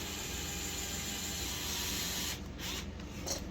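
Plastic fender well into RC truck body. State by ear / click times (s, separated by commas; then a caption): not seated / none. A plastic fender well piece is handled and pressed against the body of a Redcat Gen 8 RC truck, with steady broadband hiss and rubbing that drops away after about 2.3 s, followed by a short louder scrape near 3.0 s. The clip ends before the part goes home, so nothing has seated or clicked yet.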